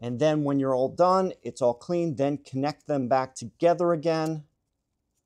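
Someone talks over the two halves of a waterproof wiring harness connector in the wheel well of a Fisker Ocean, which have been cleaned and are being brought back together. The speech ends around 4.4 s, followed by near silence. Nothing has snapped or seated yet.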